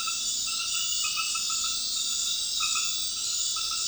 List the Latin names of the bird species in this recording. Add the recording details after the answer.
none. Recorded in dense forest near Puerto Asís, Putumayo, Colombia, on 19 February 2024 at 21:00. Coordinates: 0.502, -76.324. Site G6370